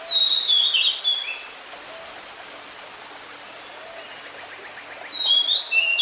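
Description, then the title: Pied Bushchat song: a short whistled phrase at the start and another near the end, with steady rushing background noise between. Decu, a territorial fighter-type bird resembling a smaller kacer; recording meant to help a decu that has stopped singing. "Mengatasi burung decu yang macet bunyi"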